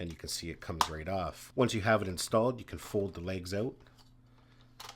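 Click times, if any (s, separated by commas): 4.8 s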